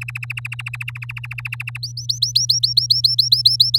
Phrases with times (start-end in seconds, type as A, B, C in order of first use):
0.01-1.78 A, 1.82-3.78 B